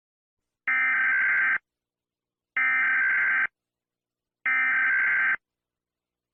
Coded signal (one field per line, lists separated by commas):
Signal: Emergency Alert System (SAME) tones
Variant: header bursts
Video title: EAS Scenario 2: Helluva Boss Massacre!